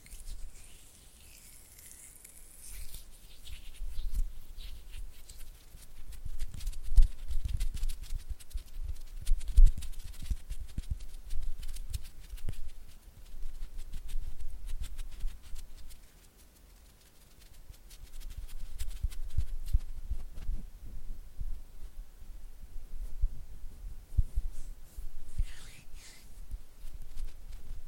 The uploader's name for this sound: Oily Hand and Flutter Finger Sounds